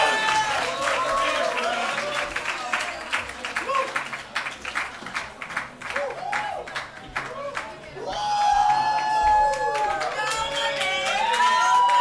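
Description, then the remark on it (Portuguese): A large audience at a song festival claps steadily and loudly for Luxembourg's entry, song number 2, with scattered whoops. Partway through the cheering swells into a brighter wave of shouts and high-pitched yells over continued applause. “Os vossos aplausos para o Luxemburgo.”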